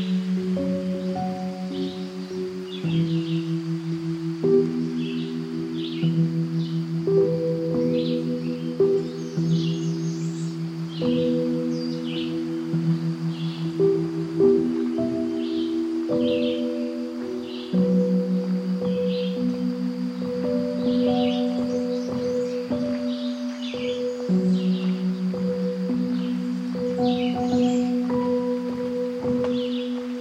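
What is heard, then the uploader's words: Outdoors along a Florida wildlife refuge trail, a steady ringing low drone holds and shifts pitch every few seconds. Over it, short high bird chirps come repeatedly throughout, with a thin, constant insect whine high above. Today’s Soundwalk was taken April 8th 2022 along the Palm Hammock Trail at Merritt Island NWR in Florida.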